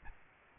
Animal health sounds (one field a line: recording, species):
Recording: mosquito wingbeat signal from an infrared sensor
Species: Aedes albopictus